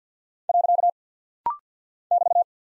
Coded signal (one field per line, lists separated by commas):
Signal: Morse code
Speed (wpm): 50 wpm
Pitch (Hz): 700 Hz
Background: none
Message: . <BT>